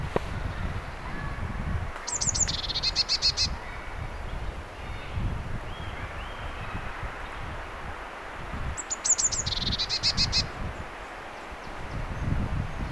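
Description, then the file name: Eurasian blue tit calls: two bursts of very high, thin notes sliding into a short buzzy trill, about seven seconds apart, over a steady low rumble of wind or noise. "Cyanistes caeruleus"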